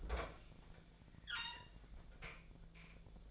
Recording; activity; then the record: daily activity, microphone in the room; open fridge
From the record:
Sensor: 5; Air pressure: 1009.8 hPa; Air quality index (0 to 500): 160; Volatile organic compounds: 4 ppm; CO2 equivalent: 1561 ppm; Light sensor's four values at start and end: 120/308/129/137 and 122/312/131/139